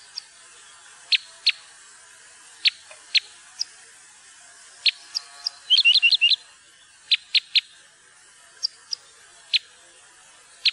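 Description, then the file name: Parrot crossbill calls: sharp, abrupt chips given singly at irregular intervals, with a quick run of five or six clipped notes near the middle and faint high ticks between. "furukorsnebb"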